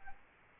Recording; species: mosquito wingbeat signal from an infrared sensor; Aedes albopictus